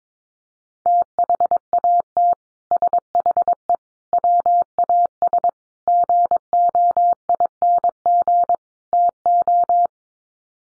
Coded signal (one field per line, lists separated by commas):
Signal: Morse code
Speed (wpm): 22 wpm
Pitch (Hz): 700 Hz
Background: none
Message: THAT SHE WAS GOING TO